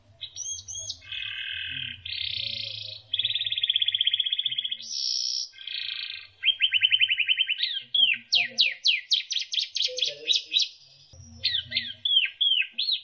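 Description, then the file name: Canary song with buzzy rattles, steady trills and fast repeated up-sweeping notes, phrases changing every second or two. Canary song used as isian, song for training other birds. "suara kenari isian omkicau"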